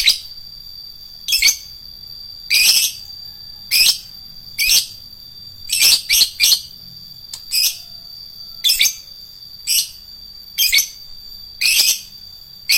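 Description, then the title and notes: Lovebird song of high, sharp chirps given singly and in quick pairs or triplets, repeated steadily throughout. Adult fighter lovebird. "#4. LOVEBIRD FIGTER. Lovebird Dewasa"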